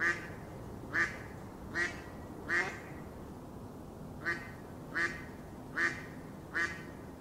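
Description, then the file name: Mallard quacking: four nasal quacks about one second apart, a short pause, then four more in the same steady rhythm. "mallard duck sound"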